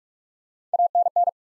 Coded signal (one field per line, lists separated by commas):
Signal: Morse code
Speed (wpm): 46 wpm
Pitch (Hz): 700 Hz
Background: none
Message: ANN